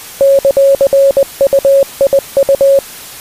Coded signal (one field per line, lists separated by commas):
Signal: Morse code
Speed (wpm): 20 wpm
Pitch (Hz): 550 Hz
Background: music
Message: ;UIU